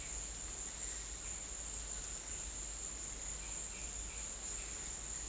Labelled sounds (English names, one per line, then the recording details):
none
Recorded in dense forest near Puerto Asís, Putumayo, Colombia, on 22 December 2024 at 13:00
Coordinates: 0.486, -76.317
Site G003